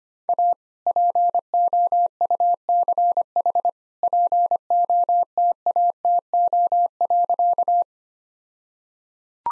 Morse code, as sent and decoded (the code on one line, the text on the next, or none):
.- / .--. --- ..- -.-. .... / .--. --- - .- - --- .-.-.-
A POUCH POTATO.